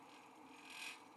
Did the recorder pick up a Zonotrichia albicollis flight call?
no